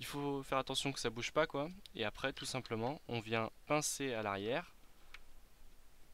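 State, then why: Seated. Someone talks while pinching the back of the plastic mount or housing on a Sony HDR AS15 action camera. At 5.1 s a short, sharp click sounds as the small clip latches shut on the camera. The housing is seated.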